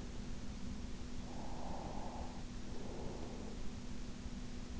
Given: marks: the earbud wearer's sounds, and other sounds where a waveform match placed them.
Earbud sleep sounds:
sounds in sleep by an in-ear microphone; breath
1.01-3.85 s: breath

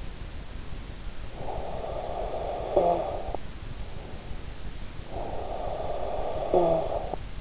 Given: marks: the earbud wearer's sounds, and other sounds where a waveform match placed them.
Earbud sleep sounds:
sounds in sleep by an in-ear microphone; snoring breath
1.07-3.71 s: snoring breath
4.87-7.41 s: snoring breath

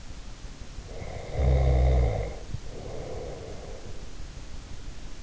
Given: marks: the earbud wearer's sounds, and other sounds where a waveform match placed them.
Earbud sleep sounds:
sounds in sleep by an in-ear microphone; snoring breath
0.88-3.93 s: snoring breath

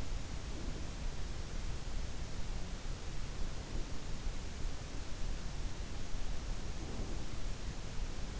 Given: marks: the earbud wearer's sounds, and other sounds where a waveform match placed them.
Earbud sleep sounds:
sounds in sleep by an in-ear microphone; breath
0.00-1.24 s: breath
3.33-4.38 s: breath
6.55-7.67 s: breath

